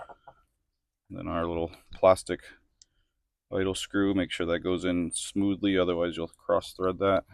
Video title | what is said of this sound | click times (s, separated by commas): Cub cadet mower won’t start | That'll click into place. | 0.3 s